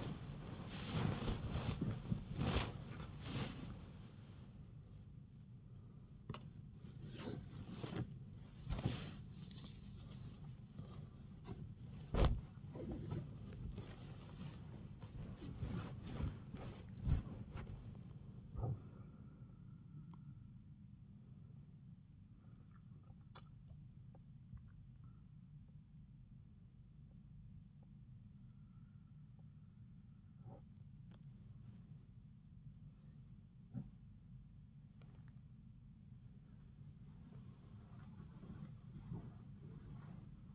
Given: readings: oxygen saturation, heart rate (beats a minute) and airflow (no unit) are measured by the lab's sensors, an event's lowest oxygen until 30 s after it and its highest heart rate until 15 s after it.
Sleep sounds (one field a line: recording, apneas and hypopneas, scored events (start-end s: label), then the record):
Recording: a person awake in a sleep study, by a smartphone at the bedside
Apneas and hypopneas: none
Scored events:
0.00-40.55 s: awake
From the record:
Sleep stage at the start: awake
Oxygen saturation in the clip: 92 to 95%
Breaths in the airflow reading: 12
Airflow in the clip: -9.9 to 14.2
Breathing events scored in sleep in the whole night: 270 in 6.1 hours asleep